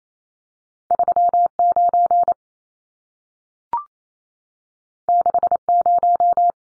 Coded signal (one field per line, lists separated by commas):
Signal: Morse code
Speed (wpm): 28 wpm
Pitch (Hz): 700 Hz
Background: none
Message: 39 60